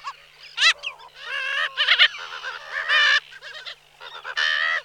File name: Racek tenkozoby Chroicocephalus genei